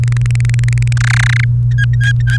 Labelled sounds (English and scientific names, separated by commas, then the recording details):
Domestic Canary (Serinus canaria) song
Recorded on 29 April 2018 at 17:41
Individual llb3